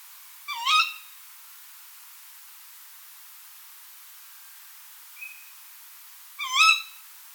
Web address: strix aluco call